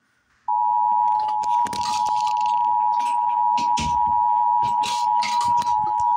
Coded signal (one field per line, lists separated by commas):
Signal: Emergency Alert System (SAME) tones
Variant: 853 and 960 Hz attention tone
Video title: (Channel First!) Flash Flood Warning on Fm radio EAS #13